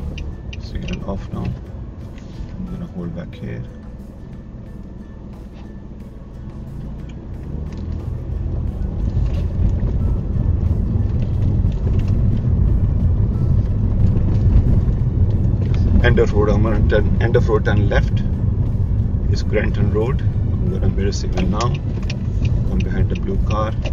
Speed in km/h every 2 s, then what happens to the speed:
6, 0, 0, 8, 18, 21, 21, 21, 18, 18, 16, 13.
0-2 slows to 0. 2-4 standing. 4-10 pulls away to 21. 10-24 slows to 13.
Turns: none.